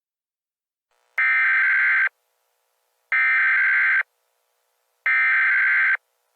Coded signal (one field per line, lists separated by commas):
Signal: Emergency Alert System (SAME) tones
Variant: header bursts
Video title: EAS Scenario - Infectious Smile: Smile-22 pandemic